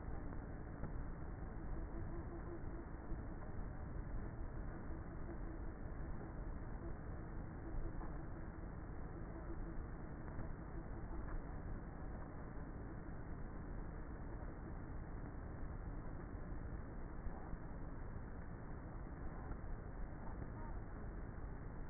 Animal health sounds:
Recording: honeybee colony, microphone inside the hive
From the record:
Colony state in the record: queenless with a low population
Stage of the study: before two queens were removed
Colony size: about 30,000 bees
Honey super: no

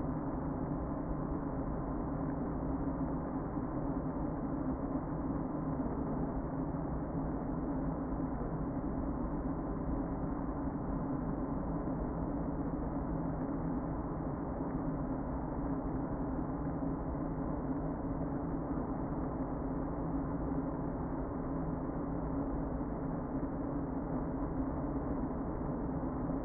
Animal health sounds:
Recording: honeybee colony, microphone inside the hive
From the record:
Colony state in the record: queen present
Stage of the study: before two queens were removed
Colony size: about 60,000 bees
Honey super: yes

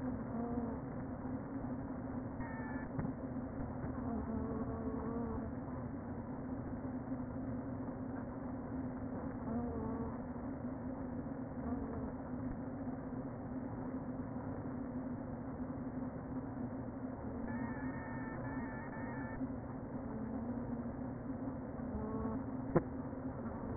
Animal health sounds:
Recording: honeybee colony, microphone inside the hive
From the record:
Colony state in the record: queen present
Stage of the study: before two queens were removed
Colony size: about 60,000 bees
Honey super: yes

